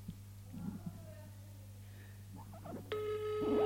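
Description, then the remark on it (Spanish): Faint murmured voices over a low electrical hum give way to the steady, buzzy ringing tone of an outgoing telephone call, starting near the end and holding at one even pitch. “Venga, no sé si lo va a coger, pero...”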